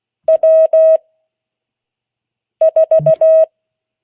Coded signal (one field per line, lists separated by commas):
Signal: Morse code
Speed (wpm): 16 wpm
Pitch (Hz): 640 Hz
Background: none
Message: W 4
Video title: Friday 2022-08-19 Morse code class